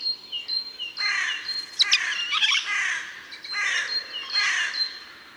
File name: Garrulus glandarius